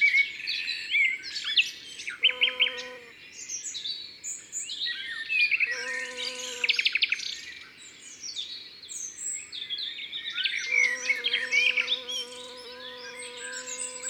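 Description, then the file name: Deep droning bumblebee hum returning in three bursts, about one to three seconds long, beneath constant varied birdsong with rapid chirps and whistles. Morning recording at Saint-Laurent-les-Bains, Ardèche, France. "Bourdon matinal Saint-Laurent-les-Bains Ambiances Sonores d Ardeche Studio Les Trois Becs"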